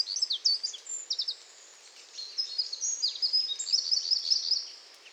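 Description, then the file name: Eurasian wren singing a hurried, high-pitched run of twittering notes and rattling trills, loud at first, then another busy phrase after a short gap. "Troglodytes troglodytes"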